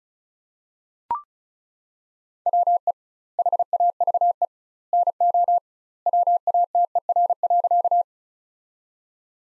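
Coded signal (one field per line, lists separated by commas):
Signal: Morse code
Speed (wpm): 34 wpm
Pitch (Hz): 700 Hz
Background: none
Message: WE HAVE NO WATER.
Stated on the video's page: Morse practice sentences from the top 100 words at 35wpm with 2x standard word spacing, analogous to Farnsworth, for head-copy training.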